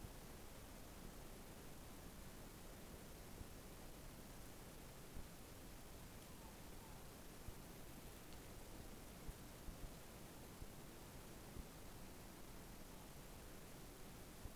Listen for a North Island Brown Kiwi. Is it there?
no